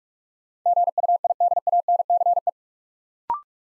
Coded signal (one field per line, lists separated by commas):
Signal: Morse code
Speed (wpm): 44 wpm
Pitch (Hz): 700 Hz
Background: none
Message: GUIDANCE